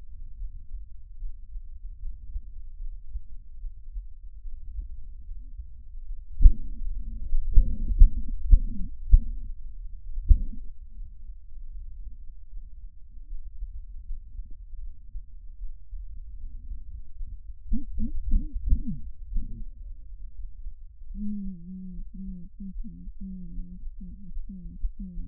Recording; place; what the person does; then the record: lung sounds by stethoscope; right posterior apical chest; quiet breathing, then cough and speech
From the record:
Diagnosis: asthma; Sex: female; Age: 56 years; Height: 161 cm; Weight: 85 kg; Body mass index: 32.8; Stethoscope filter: bell mode